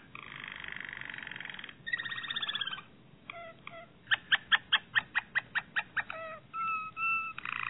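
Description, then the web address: Harz Roller canary song with a buzzy roll, a short trill, then a run of evenly spaced bright notes and closing whistled tones. "~joaopt canarios racas canto harzers"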